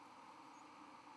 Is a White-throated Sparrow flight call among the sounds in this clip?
no